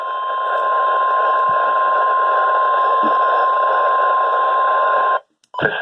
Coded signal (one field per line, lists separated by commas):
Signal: Emergency Alert System (SAME) tones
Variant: 1050 Hz attention tone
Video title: EAS/NWR Alert #38-39 - First Required Weekly Test of November for NWR.